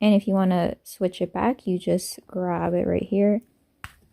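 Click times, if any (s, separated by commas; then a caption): none. Someone talks while taking hold of the rotating outlet plug on a Bath and Body Works Scent Switching Wallflower Duo Plug wall fragrance diffuser housing, about to turn it back to the left position. The plug has not yet clicked into place; nothing has seated.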